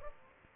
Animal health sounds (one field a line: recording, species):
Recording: mosquito wingbeat signal from an infrared sensor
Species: Aedes aegypti